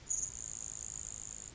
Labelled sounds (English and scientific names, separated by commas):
Grasshopper Sparrow (Ammodramus savannarum)